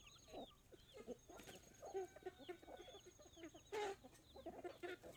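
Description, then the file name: Chickens clucking in short low bursts throughout, with a sharper squawk near four seconds and high thin peeping of chicks scattered above. Hens clucking with chicks peeping. "Galinhas cacarejando, pintinhos, bater de asas e galo canta longe"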